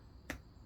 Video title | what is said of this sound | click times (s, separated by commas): Garmin Echomap 73SV Install Part 2 & Demo | there it goes nice little click | 0.3 s